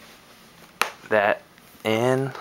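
A plastic Speck snap-on shell case is pressed along the edge of a 13-inch MacBook Pro lid, and a further side clip of the top case half snaps home with a sharp click at 0.8 s. Someone talks in short bursts afterward. The clip is seated.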